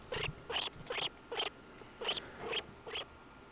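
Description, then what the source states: Norway lemming squeaking, rasping short bursts repeated roughly twice a second in uneven spacing, fairly soft against faint background hiss. On the bank of the Juutuanjoki river in Inari, Finland, during the August 2011 lemming migration.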